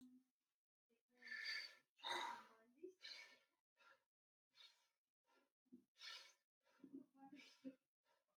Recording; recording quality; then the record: shallow breathing; excellent, no background noise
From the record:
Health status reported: healthy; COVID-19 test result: not tested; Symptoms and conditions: asthma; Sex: male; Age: 25 years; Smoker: not ticked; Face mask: not worn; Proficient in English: yes